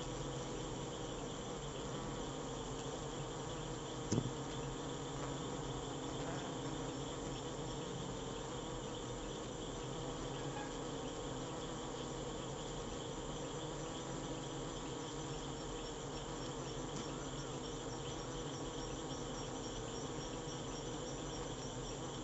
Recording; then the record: honeybee defence experiment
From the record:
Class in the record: control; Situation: empty test tube, no live specimens